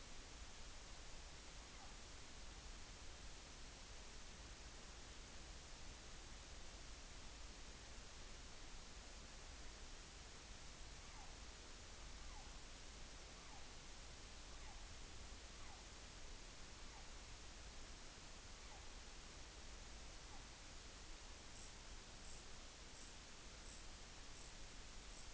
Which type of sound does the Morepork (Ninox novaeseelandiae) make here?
weow call